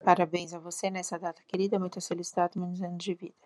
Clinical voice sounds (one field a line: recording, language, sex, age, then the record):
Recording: short text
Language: Brazilian Portuguese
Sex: female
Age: 30 to 39 years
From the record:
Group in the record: control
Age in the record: 34 years